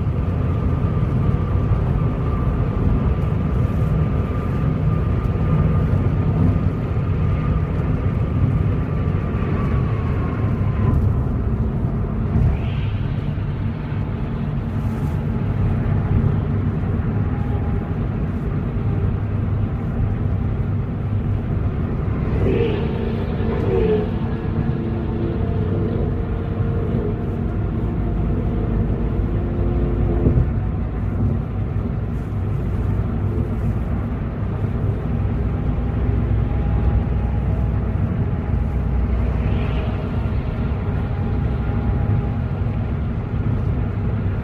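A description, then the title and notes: A night drive: a steady, dense low rumble of a moving vehicle fills the whole stretch at an even level. A thin whining tone runs through the first ten seconds, and brief brighter swells pass around 13, 23, 30 and 39 seconds. Going On A Night Drive.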